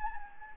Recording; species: mosquito wingbeat signal from an infrared sensor; Anopheles gambiae